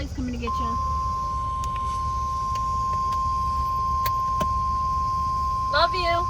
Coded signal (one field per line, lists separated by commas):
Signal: Emergency Alert System (SAME) tones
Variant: 1050 Hz attention tone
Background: speech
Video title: KXI42 Severe Thunderstorm Warning. 6/16/26 EAS #659